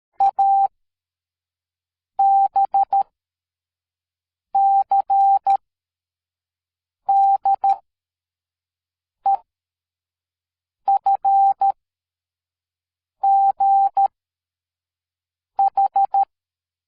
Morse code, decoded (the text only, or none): A B C D E F G H